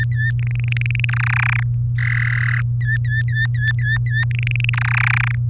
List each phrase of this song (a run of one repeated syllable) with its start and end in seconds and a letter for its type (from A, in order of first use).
0.00-0.31 A, 0.39-1.05 B, 1.09-1.63 C, 1.98-2.60 D, 2.81-4.24 A, 4.31-4.70 B, 4.73-5.35 C